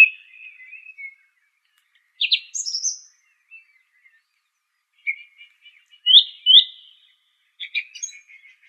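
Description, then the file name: Song thrush song: short varied phrases of whistles and buzzy chirps separated by pauses, including a bright note given twice. "suara kicauan burung song thrush. omkicau"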